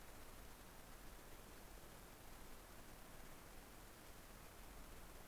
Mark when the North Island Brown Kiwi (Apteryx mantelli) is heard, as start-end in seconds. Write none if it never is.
none